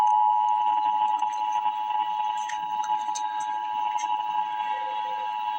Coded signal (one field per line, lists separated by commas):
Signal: Emergency Alert System (SAME) tones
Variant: 853 and 960 Hz attention tone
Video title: Emergency Alert System - Special Weather Statement - Jan 19, 2025 at 2:23 PM EST